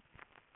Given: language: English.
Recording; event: throat vibration sensor signal played as sound; swallow